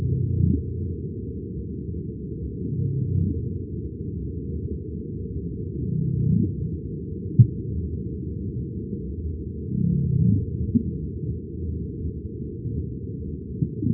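Gray whale low calls: deep, short moaning grunts that recur every few seconds over a steady low rumble.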